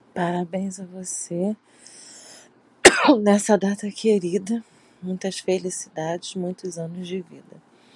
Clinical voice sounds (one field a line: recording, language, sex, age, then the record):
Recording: short text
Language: Brazilian Portuguese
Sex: female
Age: 30 to 39 years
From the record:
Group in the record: control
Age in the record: 38 years